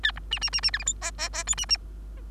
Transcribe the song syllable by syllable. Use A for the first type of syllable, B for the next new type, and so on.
A B C C C C D E F G G G H C C